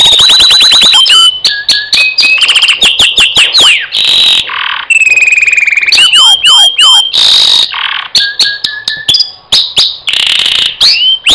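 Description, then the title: Canary song, a loud continuous run of rapid trills, whistled slides and buzzy rattles, switching phrase every second or so with no pauses. Champion singer. "Kicau Burung Kenari Juara"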